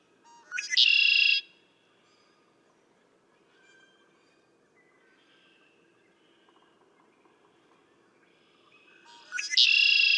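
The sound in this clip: Red-winged blackbird song: short clipped notes leading into a loud buzzy trill, given twice, near the start and again at the end, with faint bird calls in between.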